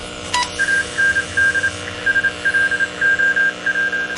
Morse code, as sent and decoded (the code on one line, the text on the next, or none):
.- -. -.. / ... .-.. --- .--
AND SLOW